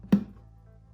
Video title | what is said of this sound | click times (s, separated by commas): How-To Use the 3M PPS 2.0 Spray Gun Cup System on the Wise Owl Paint Stingray Apollo HVLP Sprayer | And then now it'll sit right down in here and it'll kind of click into place. See if you can hear it. | 0.1 s